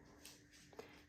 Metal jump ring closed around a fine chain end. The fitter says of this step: and it's so important to pass the ring and hear that click